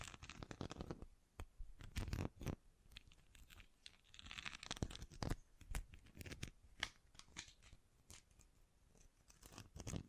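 Bracelets and jewelry boxes being handled, with sharp clicks, taps and snaps scattered irregularly through the whole ten seconds, often several per second. Between the bright hits come softer scraping and rustling sounds, and a quieter lull falls around the seventh to eighth second.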